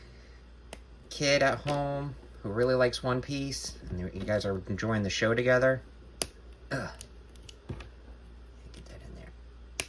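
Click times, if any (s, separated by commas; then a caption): 9.8 s. Someone talks while working a plastic limb or accessory into an action figure's peg joint, with a few small clicks and handling taps along the way. At 9.8 s the part pops into the socket with a sharp snap, seating it.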